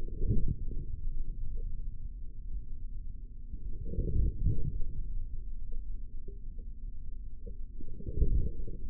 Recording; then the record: forearm muscle sounds (acoustic myography)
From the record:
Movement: forearm pronation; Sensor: system 3, bracelet of six PUI Audio POM-2738L microphones around the upper forearm, with dedicated amplification and filtering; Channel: 5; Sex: male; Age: 25 years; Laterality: right